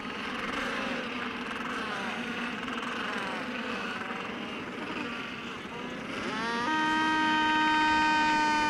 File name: Philippe Lambret - Albatros sourcils noirs - parade